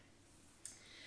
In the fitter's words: look to do this nestle in your front clip spin the pedal down until it clicks in